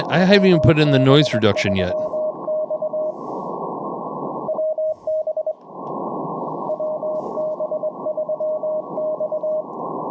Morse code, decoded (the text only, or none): WB3X WB WB3X